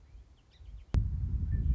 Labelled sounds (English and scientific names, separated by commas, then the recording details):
Song Sparrow (Melospiza melodia)
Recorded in Sonoma County, California